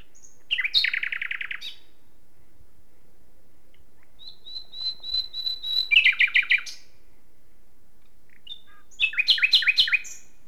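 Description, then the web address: Common nightingale song: three phrases, one a quick rattle, one a swelling series of notes into a stuttered burst, the last a fast repeated chirping run. "SETE data Luscinia megarhynchos"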